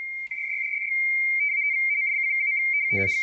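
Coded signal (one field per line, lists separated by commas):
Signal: RTTY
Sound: warbling two-tone teletype chatter switching rapidly between close pitches, cut off by a voice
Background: speech at end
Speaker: but also doing digital rtty yes he heard me so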